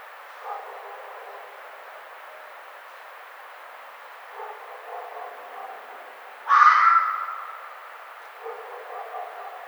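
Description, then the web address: Red fox call: one loud, raspy scream that bursts out suddenly and trails off, with a few faint softer calls before and after against steady hiss. Recorded on 1 May 2009. "Red Fox 2009 05 01 Red Fox"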